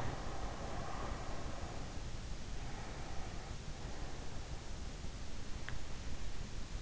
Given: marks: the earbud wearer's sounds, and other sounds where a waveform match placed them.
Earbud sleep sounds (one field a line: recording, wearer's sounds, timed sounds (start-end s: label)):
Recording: sounds in sleep by an in-ear microphone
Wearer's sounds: breath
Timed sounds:
0.00-2.21 s: breath
2.57-4.81 s: breath